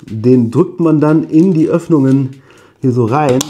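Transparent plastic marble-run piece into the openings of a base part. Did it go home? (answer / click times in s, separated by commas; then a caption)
no / none. A transparent plastic marble-run piece is pushed by hand into the openings of a base part while someone talks throughout, with a short pause before the speech resumes. Nothing has seated or clicked yet by the end of the clip.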